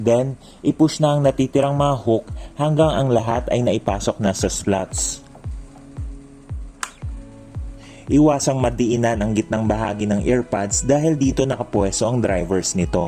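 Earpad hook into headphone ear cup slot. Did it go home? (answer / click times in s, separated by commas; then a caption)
yes / 6.8 s. The plastic hooks of a replacement earpad for Sony WH-1000XM3 headphones are pushed into the slots of the ear cup, with pressure kept off the middle of the pad where the drivers sit. Over background music and someone talking, a single sharp, loud click at 6.8 s marks a hook seating into its slot. The earpad is attached.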